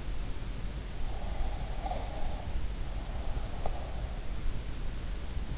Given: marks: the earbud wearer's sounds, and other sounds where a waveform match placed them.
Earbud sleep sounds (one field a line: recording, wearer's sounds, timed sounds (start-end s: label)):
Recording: sounds in sleep by an in-ear microphone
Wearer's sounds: breath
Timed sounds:
1.17-4.01 s: breath